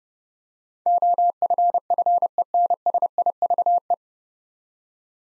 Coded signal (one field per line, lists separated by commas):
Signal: Morse code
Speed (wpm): 32 wpm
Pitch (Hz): 700 Hz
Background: none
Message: OFFENSIVE